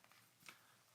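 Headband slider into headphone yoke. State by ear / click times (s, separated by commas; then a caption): seated / 0.0 s, 0.5 s. The headband slider of Beyerdynamic DT 900 PRO X over-ear headphones is extended out of its yoke, moving in detent steps. Soft clicks are heard at 0.0 s and 0.5 s, the second one sharper and louder. The slider clicks into place in its detent.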